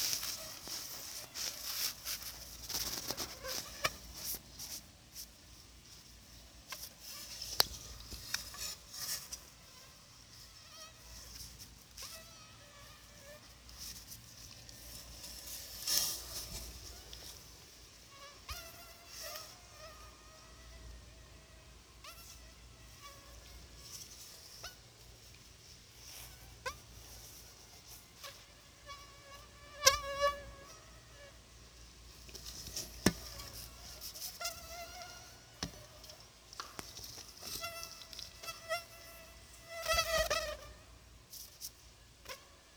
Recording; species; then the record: mosquito flight sound by mobile phone; Anopheles arabiensis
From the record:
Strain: Dongola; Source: CDC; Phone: Sony Xperia